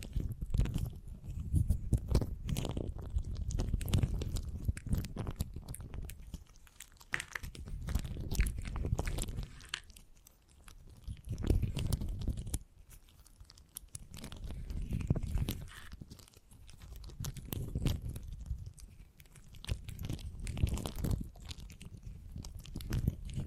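Beeswax is squished, pressed and kneaded in a steady run of soft sticky crackles and crunchy snaps. The sounds come in dense clusters that swell and ease every few seconds, mostly low and thick with brighter crisp clicks scattered through.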